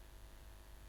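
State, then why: Not seated. The arm of an electrochemical cell holder is being handled, about to be pressed down so its rubber stopper seats on the cell. Only steady low hum and broadband noise are heard, with no distinct hit. Nothing has seated or clicked yet.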